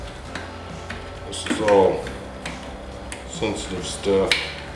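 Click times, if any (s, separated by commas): none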